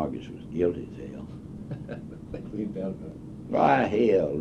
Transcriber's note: laughs